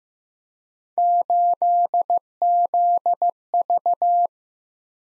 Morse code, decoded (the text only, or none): 8ZV